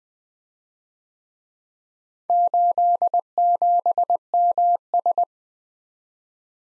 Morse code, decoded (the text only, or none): 87MS